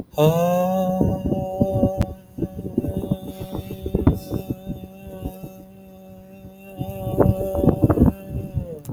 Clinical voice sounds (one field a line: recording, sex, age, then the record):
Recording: vowel held as long as possible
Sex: male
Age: 20 to 29 years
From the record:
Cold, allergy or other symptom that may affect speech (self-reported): no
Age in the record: 28 years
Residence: California, United States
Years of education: 16